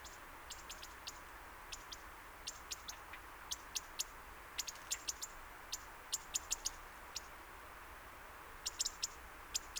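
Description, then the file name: European robin giving sharp, dry ticking calls, single or in short quick clusters, scattered irregularly throughout over a faint steady hiss. "Erithacus rubecula"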